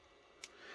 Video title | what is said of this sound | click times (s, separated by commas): Super Impulse Toys Poptaters Bob Ross Mr Potato Head @TheReviewSpot | I guess really that's not all the way in there either | 0.4 s